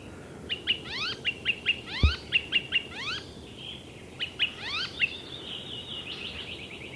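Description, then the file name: Icterine warbler song, repeated sweeping notes with sharp bright accents in quick clusters, a short gap midway, plus one low thump. "zelen peresm"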